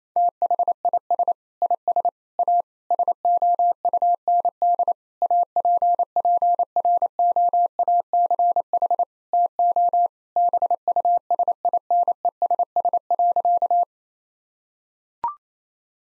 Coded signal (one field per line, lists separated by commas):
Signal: Morse code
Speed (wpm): 28 wpm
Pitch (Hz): 700 Hz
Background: none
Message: THIS IS A SOUND APPROACH TO BUSINESS.